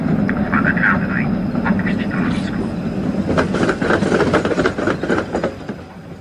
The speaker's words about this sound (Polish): Na torowisku tramwajowym są umieszczone paski diod LED i wraz ze zbliżającym się tramwajem zmieniają swój kolor na czerwony. Dodatkowo poza sygnałami świetlnymi także odzywa się w głośnikach głos, który mówi o tym, że nadjeżdża tramwaj.